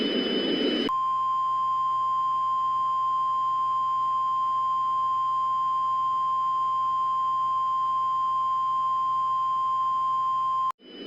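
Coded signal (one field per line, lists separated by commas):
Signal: Emergency Alert System (SAME) tones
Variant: 1050 Hz attention tone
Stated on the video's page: Simulated EAS mock alert made with Audacity and CapCut.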